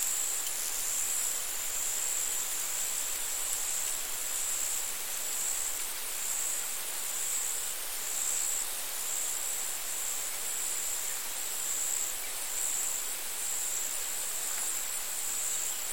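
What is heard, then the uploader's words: Meadow ambience with a steady, airy hiss of breeze that stays even throughout. Above it, a high, thin insect chirp pulses at a regular, fairly quick rate from start to finish. There are no sudden events, only a constant, dense outdoor wash. Meadow Ambiance.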